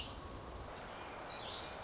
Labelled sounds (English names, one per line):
Warbling Vireo